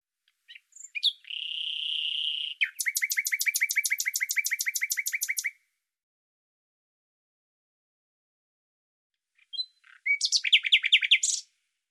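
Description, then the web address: Bird song: a few short notes and a drawn-out buzzy note, then a long rapid trill of sharp downslurred notes lasting about three seconds, a long silence, and another fast trill near the end. "Deverinetal 2025"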